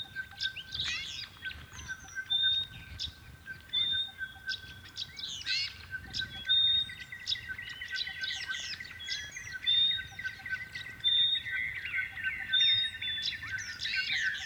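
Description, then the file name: Honeyeaters in a lively chorus: short high whistles repeated at intervals, mixed with bursts of chattering, sweeping notes and a steady background tone. "Honeyeaters Sing"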